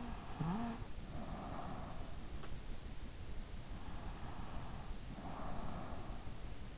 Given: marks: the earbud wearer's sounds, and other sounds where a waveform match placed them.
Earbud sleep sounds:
sounds in sleep by an in-ear microphone; snoring breath, breath
0.00-2.20 s: snoring breath
3.68-6.51 s: breath

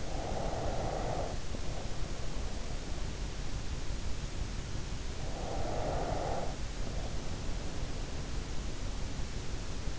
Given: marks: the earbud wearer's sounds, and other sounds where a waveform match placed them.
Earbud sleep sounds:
sounds in sleep by an in-ear microphone; breath
0.00-2.58 s: breath
5.23-7.45 s: breath

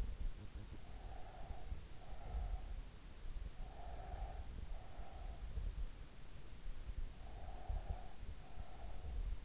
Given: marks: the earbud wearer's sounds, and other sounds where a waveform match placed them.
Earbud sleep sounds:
sounds in sleep by an in-ear microphone; breath
1.13-2.91 s: breath
3.81-6.00 s: breath
7.13-9.45 s: breath

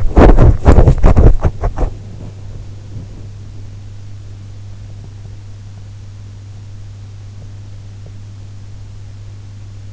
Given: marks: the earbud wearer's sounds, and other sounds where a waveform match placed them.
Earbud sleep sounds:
sounds in sleep by an in-ear microphone; teeth grinding
0.00-2.81 s: teeth grinding

